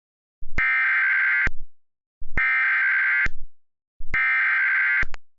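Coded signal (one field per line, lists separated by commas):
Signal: Emergency Alert System (SAME) tones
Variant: header bursts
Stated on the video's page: Requested remake of a large tornado alert containing valid EAS tones.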